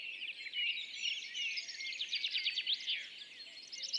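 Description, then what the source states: Tree pipit song, a dense run of high trilled and buzzy notes with rapid repeated phrases. Displaying tree pipit days back from migration, singing atop isolated tree by meadow, sometimes rising then parachuting down; La Sarcena, Val Drôme, France, 27 April 2020; Nagra Seven, MKH40.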